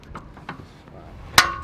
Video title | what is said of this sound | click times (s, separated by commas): Buying Cheap Wrecked Boat - Boat Restoration Part 1 | There you go. Yeah. That's what I was looking for. I was like, I did not hear a click. That positive detent. | 1.4 s